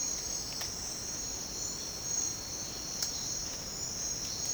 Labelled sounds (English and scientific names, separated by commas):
none